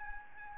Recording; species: mosquito wingbeat signal from an infrared sensor; Aedes albopictus